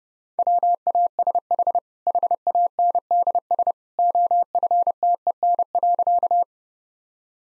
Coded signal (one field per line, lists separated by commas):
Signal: Morse code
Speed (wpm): 30 wpm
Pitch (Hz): 700 Hz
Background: none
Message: WASH HANDS OFTEN.